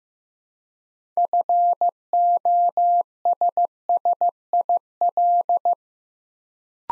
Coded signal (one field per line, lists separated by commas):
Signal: Morse code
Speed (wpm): 15 wpm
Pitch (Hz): 700 Hz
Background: none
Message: FOSSIL